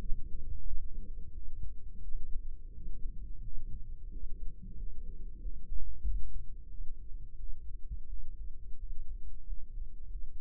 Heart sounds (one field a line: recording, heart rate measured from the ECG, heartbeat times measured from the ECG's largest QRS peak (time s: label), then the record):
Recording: heart sounds by microphone in the right ear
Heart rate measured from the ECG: 89 bpm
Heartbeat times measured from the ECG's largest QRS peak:
0.01 s: heartbeat
0.67 s: heartbeat
1.34 s: heartbeat
2.04 s: heartbeat
2.73 s: heartbeat
3.42 s: heartbeat
4.11 s: heartbeat
4.78 s: heartbeat
5.40 s: heartbeat
6.04 s: heartbeat
6.70 s: heartbeat
7.38 s: heartbeat
8.08 s: heartbeat
8.78 s: heartbeat
9.45 s: heartbeat
10.09 s: heartbeat
From the record:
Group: healthy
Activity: rest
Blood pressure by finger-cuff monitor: 106/58 mmHg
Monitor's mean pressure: 75 mmHg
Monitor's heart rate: 90 bpm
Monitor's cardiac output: 8.8 L/min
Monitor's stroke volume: 97 mL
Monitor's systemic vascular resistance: 610 dyn s/cm5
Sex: female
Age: 22 years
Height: 161 cm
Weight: 65.5 kg